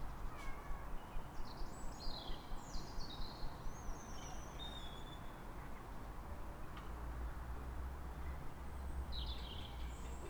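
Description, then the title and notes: Birdsong with high descending chirps early on, then quieter later, and a few more twitters at the end, over continuous traffic noise. Calm morning on 3 May in Fresnes, Ile de France, with several birds, ring-road traffic in the background and distant voices. "Matin calme avec oiseaux. Fresnes, Ile de France. Mathias Arrignon"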